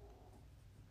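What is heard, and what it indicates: A quiet, low-pitched rumble lasting just under a second, with a faint purring, gurgling quality and no speech. It is an ordinary stomach growl (borborygmi) from an adult woman's abdomen, the normal sound of gas and fluid moving through the gut.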